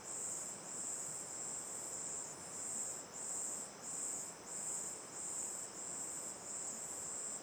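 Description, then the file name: Shrill cricket chorus repeating in quick pulsed surges, laid over a continuous background rush of a river. Night ambience looking toward the mouth of Terra Ronca 1 cave; cricket chorus, river on the left; AB stereo recording. "Ambiencia olhando para boca da caverna terra ronca 1 a noite, coro de cigarras e grilos, rio a esquerda, gravacao em ab"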